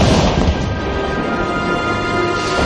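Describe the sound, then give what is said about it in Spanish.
A dense, continuous barrage of cannon fire from the French bombardment of the Nuestra Señora de Gracia hospital during the first siege rumbles throughout, with booms and crashes blending into a loud, steady roar and no voices. “Uno de los momentos más críticos para María Ràfols fue durante el primer sitio, cuando el hospital Nuestra Señora de Gracia fue bombardeado por los franceses.”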